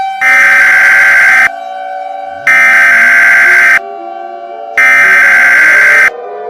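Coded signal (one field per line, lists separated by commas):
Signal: Emergency Alert System (SAME) tones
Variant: header bursts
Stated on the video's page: Fictional EAS tones in an animated film, stated to be valid tones.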